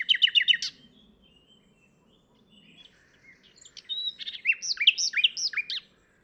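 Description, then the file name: Common nightingale delivering a rapid stuttering burst, a quiet gap with soft notes, then loud looping slurred whistles. "Luscinia megarhynchos"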